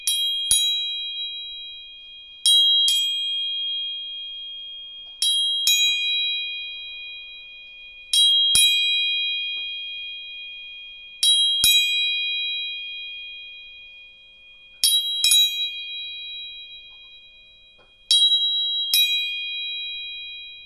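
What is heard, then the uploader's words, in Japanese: Three tuning forks are struck in turn about every three seconds, each bright ping ringing on as a steady pure tone that slowly fades. 音叉チューニング3本。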